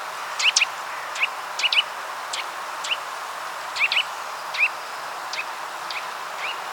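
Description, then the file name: Eurasian nuthatch calls: quick upslurred notes, frequently paired, repeated at irregular short intervals over a faint hiss. "Sitta europaea"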